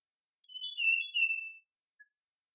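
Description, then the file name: Iora whistling a single drawn-out note with small pitch steps, lasting about a second, followed by a faint short note. Song type C. "Iora C-Song Sun Chong Hong"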